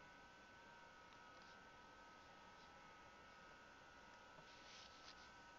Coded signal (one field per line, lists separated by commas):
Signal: FT8